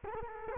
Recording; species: mosquito wingbeat signal from an infrared sensor; Culex quinquefasciatus